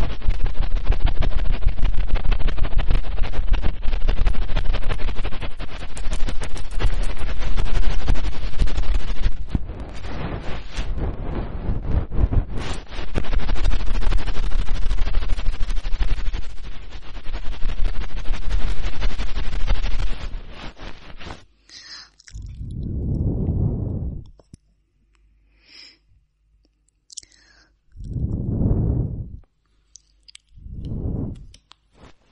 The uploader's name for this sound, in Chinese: 飞机轰炸硬质掏耳朵